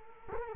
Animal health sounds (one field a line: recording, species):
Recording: mosquito wingbeat signal from an infrared sensor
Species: Culex quinquefasciatus